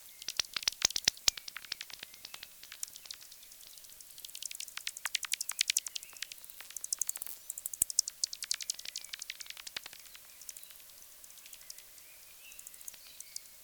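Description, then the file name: Bat echolocation: dense, irregular trains of high, sharp clicks throughout, over a faint steady hum. "Yannick Dauby - Bats echolocation"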